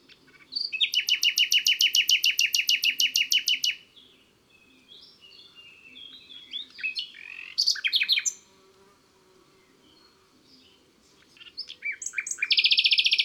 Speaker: Et enfin le rossignol et son chant puissant, magnifique et jamais pareil.